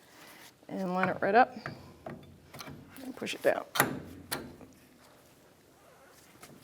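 A brake caliper on a 1992-1996 Ford F-150 is lined up and pushed down over the brake pads toward its caliper bracket while someone talks, with short metallic handling knocks and scrapes. The clip ends before the caliper goes home, so nothing has seated or clicked yet.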